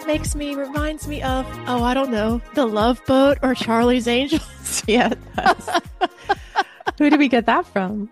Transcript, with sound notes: It makes me, reminds me of, oh, I don't know, The Love Boat or Charlie's Angels. (laughs)
Yeah, it does. Who did we get that from?